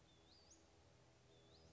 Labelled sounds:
Western Flycatcher
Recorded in Sonoma County, California

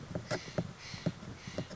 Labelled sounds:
Steller's Jay
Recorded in Sonoma County, California

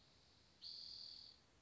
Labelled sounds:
Spotted Towhee
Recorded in Sonoma County, California

